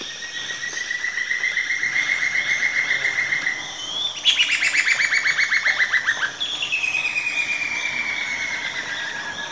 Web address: Natures Songs S America Eastern Lowlands Dendrocolaptes picumnus, songs pair